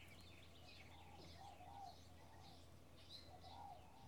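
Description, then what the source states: Birds calling, with several soft low cooing phrases mixed with high chirps and whistles, steady low hum beneath. Bird ambience in a field in the early morning with a slight breeze.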